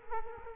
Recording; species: mosquito wingbeat signal from an infrared sensor; Culex quinquefasciatus